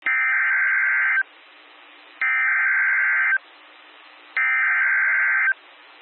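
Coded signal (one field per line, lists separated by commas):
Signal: Emergency Alert System (SAME) tones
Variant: header bursts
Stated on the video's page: States these are valid EAS tones, capable of triggering real activations.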